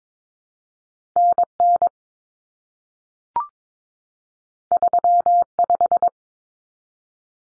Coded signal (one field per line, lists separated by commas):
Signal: Morse code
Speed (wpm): 22 wpm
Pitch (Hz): 700 Hz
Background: none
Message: NN 35